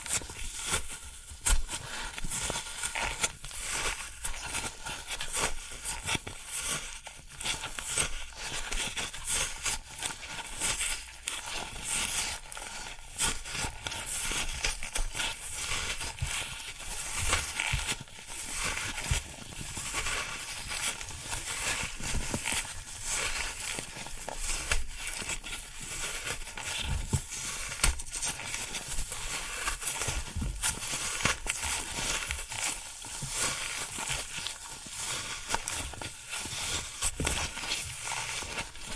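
Floral foam being crunched and crumbled, a dense, bright crackling that runs without pause for the whole clip. Tiny snaps and scratchy crunches pile up quickly and irregularly, with a faint low thud now and then beneath them, and the level stays fairly even throughout.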